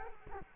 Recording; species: mosquito wingbeat signal from an infrared sensor; Culex quinquefasciatus